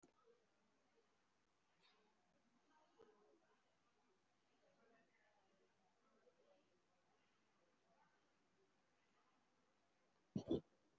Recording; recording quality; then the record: deep breathing; poor, much background noise or distortion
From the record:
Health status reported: COVID-19 positive, mild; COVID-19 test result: positive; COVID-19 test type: RT-PCR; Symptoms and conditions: sore throat, fever, loss of smell and taste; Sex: female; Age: 18 years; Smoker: no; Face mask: worn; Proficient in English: yes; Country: India